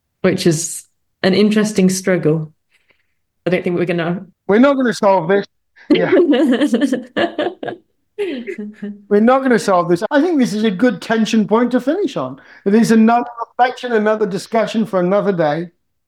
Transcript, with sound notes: Which is an interesting struggle. I don’t think we’re going to…
We’re not going to solve this. [Laughs] We’re not going to solve this. I think this is a good tension point to finish on. It is another reflection, another discussion for another day.